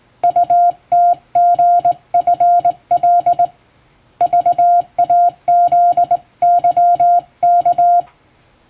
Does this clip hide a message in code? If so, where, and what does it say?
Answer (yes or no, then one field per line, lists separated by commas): yes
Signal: Morse code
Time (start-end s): 0.2-8.0 s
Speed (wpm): 20 wpm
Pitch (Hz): 700 Hz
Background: music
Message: UTGFL VAZYK